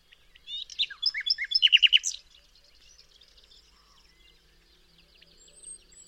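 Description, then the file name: Common nightingale song: a loud, varied phrase of whistles and chips ending in a rapid run of repeated notes, then fainter singing in the background. "Luscinia megarhynchos"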